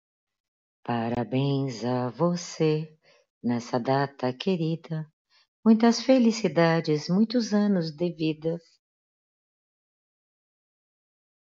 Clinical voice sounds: short text; Brazilian Portuguese; female; 50 to 59 years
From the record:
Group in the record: control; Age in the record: 56 years

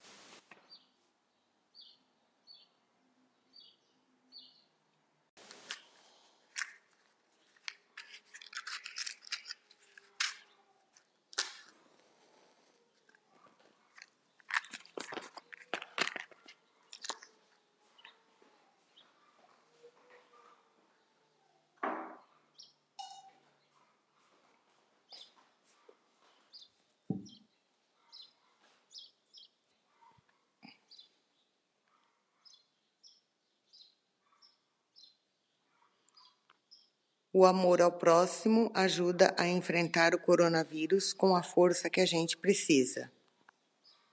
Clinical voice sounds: spoken sentence; Brazilian Portuguese; female; 60 to 69 years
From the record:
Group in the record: control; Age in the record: 65 years

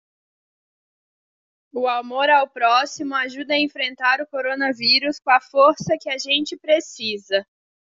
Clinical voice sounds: spoken sentence; Brazilian Portuguese; female; 20 to 29 years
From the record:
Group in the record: control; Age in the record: 25 years

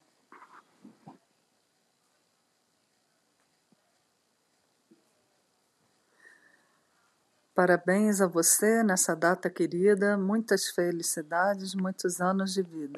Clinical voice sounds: short text; Brazilian Portuguese; female; 50 to 59 years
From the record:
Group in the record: control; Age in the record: 50 years

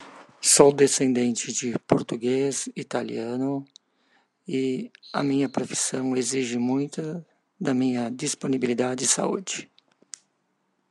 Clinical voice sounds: short text; Brazilian Portuguese; male; 50 to 59 years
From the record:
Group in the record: control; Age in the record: 56 years

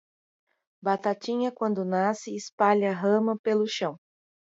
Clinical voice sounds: short text; Brazilian Portuguese; female; 30 to 39 years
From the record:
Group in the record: control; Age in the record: 37 years

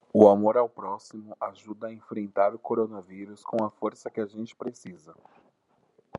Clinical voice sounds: spoken sentence; Brazilian Portuguese; male; 20 to 29 years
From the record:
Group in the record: control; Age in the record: 28 years

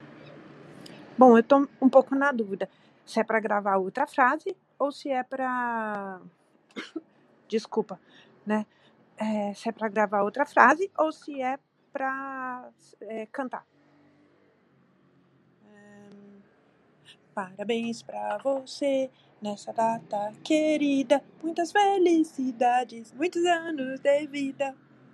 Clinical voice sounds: short text; Brazilian Portuguese; female; 50 to 59 years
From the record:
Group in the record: control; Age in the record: 53 years

